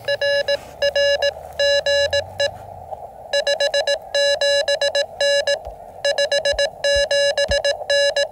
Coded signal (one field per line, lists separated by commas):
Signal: Morse code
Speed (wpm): 18 wpm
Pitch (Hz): 1700 Hz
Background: none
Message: RR GE 57N 57N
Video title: Can the 17’ random wire work from the Gigaparts POTA20 mast QRP CW? Ham Radio experimenting again!